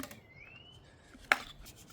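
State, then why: Seated. A rubber weather cover is clipped by hand onto the USB charger housing of a Honda GB350C motorcycle so the seal is watertight. After quiet handling noise and a faint rising whine, one sharp, loud snap comes at 1.3 seconds as the cover seats.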